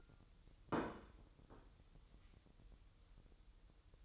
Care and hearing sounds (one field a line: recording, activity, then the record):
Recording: daily activity, microphone in the room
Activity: place plate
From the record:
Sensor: 3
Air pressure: 988.6 hPa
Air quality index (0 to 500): 199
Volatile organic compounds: 346 ppm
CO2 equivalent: 4576 ppm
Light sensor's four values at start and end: 22/71/30/25 and 22/71/30/25